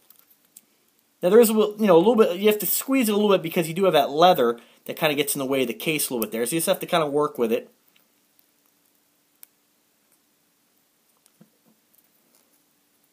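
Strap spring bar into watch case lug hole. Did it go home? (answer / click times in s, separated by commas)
yes / 9.4 s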